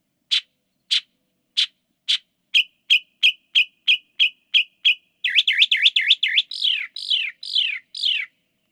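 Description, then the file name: Northern mockingbird song: spaced sharp notes, then quick ticking, then a run of looping, warbled phrases ending in buzzy, downslurred notes, each type repeated several times. Song from California that includes mimicry of a nightjar. "northern mockingbird ca song with nightjar mimicry"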